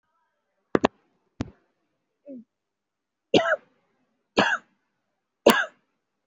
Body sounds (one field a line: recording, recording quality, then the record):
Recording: heavy voluntary cough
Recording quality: excellent, no background noise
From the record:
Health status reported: COVID-19 positive, mild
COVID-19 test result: positive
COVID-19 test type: RT-PCR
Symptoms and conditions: fever, loss of smell and taste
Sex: female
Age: 48 years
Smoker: no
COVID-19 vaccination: both doses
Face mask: worn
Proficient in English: yes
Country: India